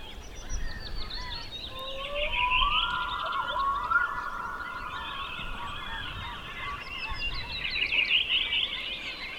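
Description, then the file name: Black-throated loon giving a long, steady wailing note that rises briefly at its start, over busy chattering and twittering from other birds. "Storlom"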